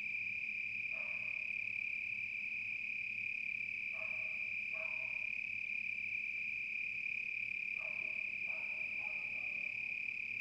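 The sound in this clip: Cricket giving a continuous shrill trill without pause, joined by a few soft, lower pulsed calls in short bursts in the background.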